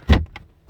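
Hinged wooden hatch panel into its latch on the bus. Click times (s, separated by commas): 0.4 s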